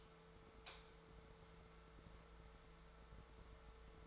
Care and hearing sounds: daily activity, microphone in the room; light on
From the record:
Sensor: 3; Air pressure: 1014.5 hPa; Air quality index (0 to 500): 182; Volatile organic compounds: 19 ppm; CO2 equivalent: 2661 ppm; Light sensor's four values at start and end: 12/31/12/13 and 15/39/16/16

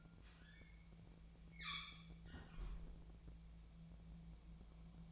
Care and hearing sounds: daily activity, microphone in the room; close fridge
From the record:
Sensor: 1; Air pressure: 1000.1 hPa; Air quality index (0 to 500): 135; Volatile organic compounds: 2 ppm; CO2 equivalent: 1277 ppm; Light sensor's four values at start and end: 36/91/38/47 and 36/91/38/47

